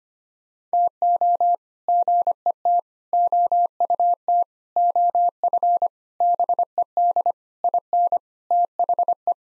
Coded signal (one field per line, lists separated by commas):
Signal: Morse code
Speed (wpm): 25 wpm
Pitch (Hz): 700 Hz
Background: none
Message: TO GET OUT OF BED IN THE